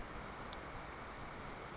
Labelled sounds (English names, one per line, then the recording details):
California Towhee
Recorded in Sonoma County, California